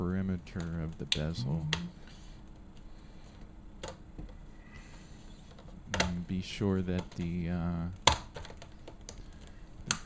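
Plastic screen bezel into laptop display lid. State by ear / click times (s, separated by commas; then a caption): seated / 3.8 s, 5.9 s, 6.0 s. Someone talks while the plastic screen bezel of an HP 6930p laptop is pressed back onto the display lid, snapping in along its entire perimeter. Sharp snaps are heard at about 3.8, 5.9 and 6.0 seconds. The bezel ends up seated in place.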